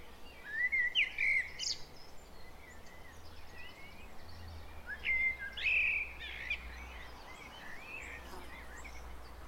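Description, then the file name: Common blackbird singing two separate phrases several seconds apart, each a whistled warble finishing in scratchy high notes, over constant low background noise. "Turdus merula"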